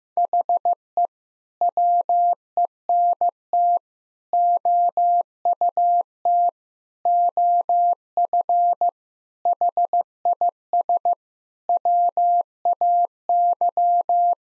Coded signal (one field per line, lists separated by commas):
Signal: Morse code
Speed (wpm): 16 wpm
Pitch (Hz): 700 Hz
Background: none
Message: HE WENT OUT OF HIS WAY